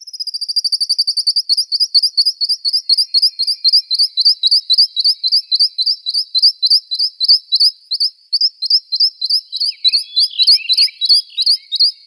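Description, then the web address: Western rock nuthatch song: a long, rapid series of sharp notes, slightly falling in pitch, with a few lower chattering notes near the end. "Schulze Peter Rock Nuthatch song"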